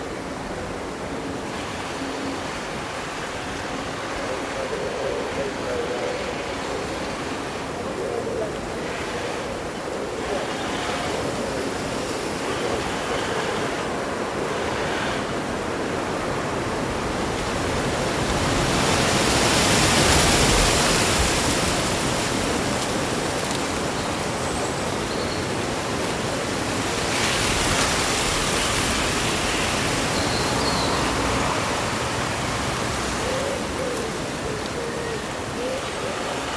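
Wind on a summer day rushes through rustling leaves in a dense, steady wash of noise. A stronger gust swells around the middle, peaking near twenty seconds, with smaller surges later. Faint bird calls are barely evident beneath the hiss.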